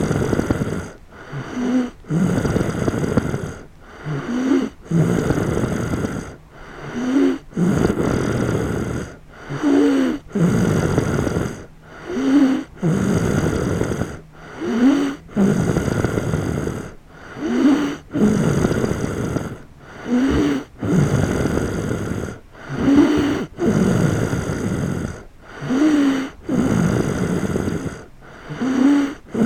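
Snoring from a sleeping adult at night, a regular series of loud snores at about 22 per minute with brief quiet pauses between breaths.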